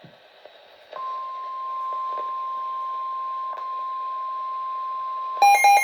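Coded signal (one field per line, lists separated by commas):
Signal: Emergency Alert System (SAME) tones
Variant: 1050 Hz attention tone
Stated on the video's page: Real EAS activation for a Tornado Warning issued by the National Weather Service Houston/Galveston office.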